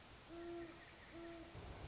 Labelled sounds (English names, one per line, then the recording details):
Great Horned Owl
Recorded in Sonoma County, California